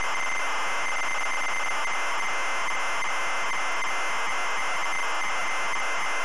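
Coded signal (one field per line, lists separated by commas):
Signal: ZX Spectrum tape loading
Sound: continuous harsh, raspy data screech with a faint steady high whine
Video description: today we're loading the ZX Spectrum game, Angry Birds!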